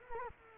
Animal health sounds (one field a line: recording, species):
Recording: mosquito wingbeat signal from an infrared sensor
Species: Culex quinquefasciatus